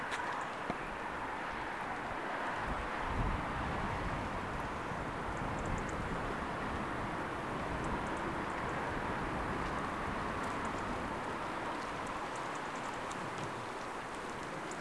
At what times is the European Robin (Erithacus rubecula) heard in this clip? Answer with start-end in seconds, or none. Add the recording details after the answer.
0.40-0.44, 5.36-5.92, 7.83-8.19, 8.49-8.71, 10.64-10.80, 12.35-12.96, 14.70-14.73. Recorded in France